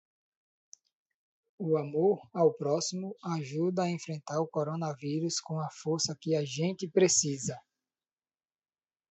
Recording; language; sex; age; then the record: spoken sentence; Brazilian Portuguese; male; 30 to 39 years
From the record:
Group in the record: control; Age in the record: 38 years